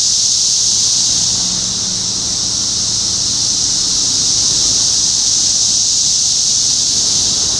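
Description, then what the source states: Cicadas buzzing in a steady high-pitched wash, with a faint low hum beneath early on. Cicadas recorded in Topeka, Kansas, on 14 June 2015.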